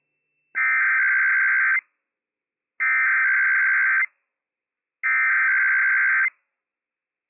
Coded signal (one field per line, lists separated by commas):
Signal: Emergency Alert System (SAME) tones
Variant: header bursts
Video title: IPAWS Required Weekly Test - WWF56 - EAS #166 - 11:00 AM PDT 8/30/21